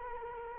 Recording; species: mosquito wingbeat signal from an infrared sensor; Culex quinquefasciatus